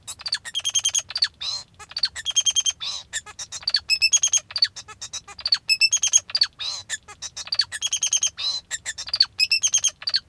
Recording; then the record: song of a male Bengalese finch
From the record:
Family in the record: father 2